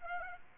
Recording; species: mosquito wingbeat signal from an infrared sensor; Aedes aegypti